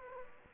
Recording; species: mosquito wingbeat signal from an infrared sensor; Aedes aegypti